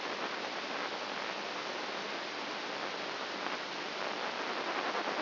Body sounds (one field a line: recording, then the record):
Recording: brain microelectrode recording played as sound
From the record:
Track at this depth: inside the subthalamic nucleus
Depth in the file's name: 2.84 mm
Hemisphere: right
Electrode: 2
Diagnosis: Parkinson's disease